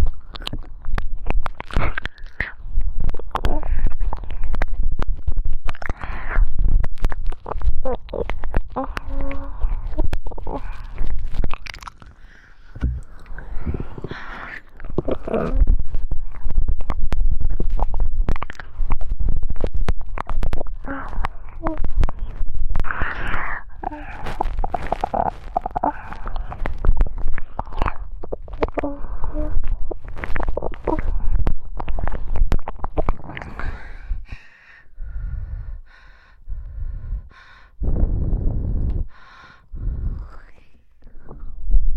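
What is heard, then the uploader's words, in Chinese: Wet, close-up ear licking and saliva sounds with breathy panting, dense and continuous, thinning into separate short smacks after about 34 seconds. 喘息音 深入耳髓舔耳 口水舔耳。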